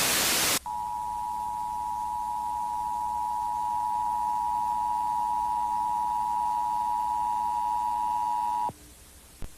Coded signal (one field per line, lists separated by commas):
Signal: Emergency Alert System (SAME) tones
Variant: 853 and 960 Hz attention tone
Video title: EAS Scenario - Yellowstone Volcano Eruption